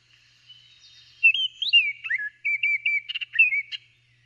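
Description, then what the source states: Baltimore Oriole giving clear whistled notes that slur up and down, then a quick series of short fluty phrases with a brief chatter near the end. Played on radio; one of several song variants; songs, calls and combinations of Baltimore Orioles, which are coming through during migration.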